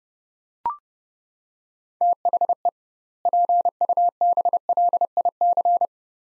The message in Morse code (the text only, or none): THE PUBLIC